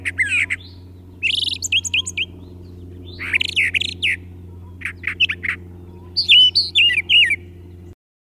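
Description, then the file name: Brown thrasher singing rich varied phrases, harsh buzzy notes and sweet slurred whistles in repeated pairs, ending abruptly, with a steady low hum beneath. "suara-kicauan-brown-trasher omkicau"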